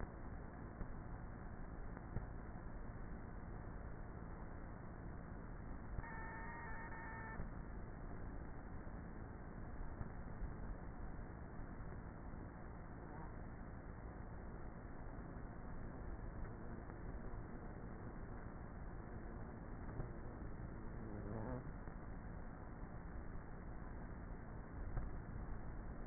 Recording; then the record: honeybee colony, microphone inside the hive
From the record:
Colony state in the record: queenless with a low population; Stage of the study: before two queens were removed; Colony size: about 30,000 bees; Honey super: no